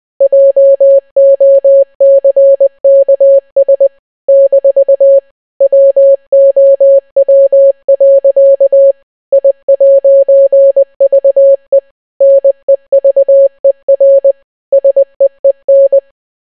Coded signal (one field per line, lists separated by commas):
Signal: Morse code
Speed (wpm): 20 wpm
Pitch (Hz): 550 Hz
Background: none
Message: JOCKS - WOW. I'VE NEVER SEEN